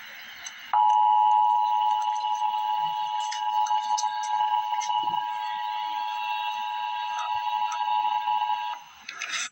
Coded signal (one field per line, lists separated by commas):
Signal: Emergency Alert System (SAME) tones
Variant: 853 and 960 Hz attention tone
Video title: Emergency Alert System - Special Weather Statement - Dec 4, 2024 at 7:45 PM EST